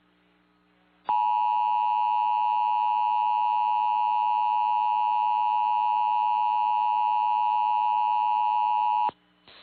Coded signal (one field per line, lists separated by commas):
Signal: Emergency Alert System (SAME) tones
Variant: 853 and 960 Hz attention tone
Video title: KRWG - Thunderstorm Warning (EAS) (5-31-21)